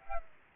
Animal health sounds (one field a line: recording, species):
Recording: mosquito wingbeat signal from an infrared sensor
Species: Aedes aegypti